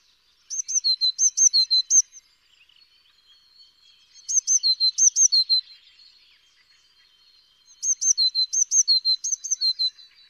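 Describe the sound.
Eurasian blue tit giving three bursts of bright, high two-note phrases, each falling from a higher to a lower note, repeated rapidly and separated by pauses of about two seconds.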